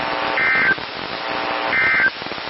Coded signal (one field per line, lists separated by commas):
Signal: Emergency Alert System (SAME) tones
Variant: end-of-message bursts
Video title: KEC57 Required Weekly Test (EAS #748) 8/16/23